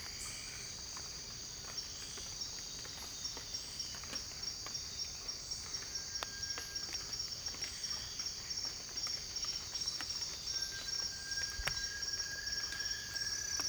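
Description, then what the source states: Variegated tinamou giving a drawn-out, even whistle near the end, set against a loud, pulsing insect chorus and occasional ticking sounds. Recorded in French Guiana.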